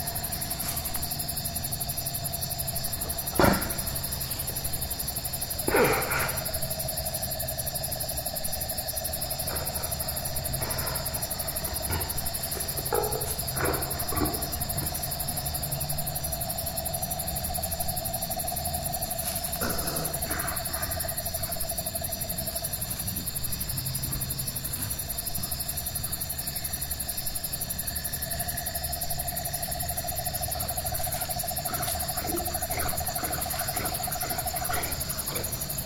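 Night animals fill the air with a constant, dense chorus of shrill insect trills layered at several pitches. A steady mid-pitched drone runs through most of the recording, fading briefly after about twenty-three seconds, while sharp clicks and knocks pop up near four, six, thirteen and twenty seconds.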